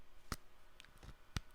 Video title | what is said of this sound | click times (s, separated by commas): DJI Mic 2 vs DJI Mic 1 // Whats ACTUALLY new? | you just put this in and it clicks you can hear it | 0.3 s, 1.4 s